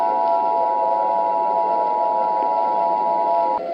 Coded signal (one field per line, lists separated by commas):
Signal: Emergency Alert System (SAME) tones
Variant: 853 and 960 Hz attention tone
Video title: *VALID TONES* Cracking Earth (EAS Scenario)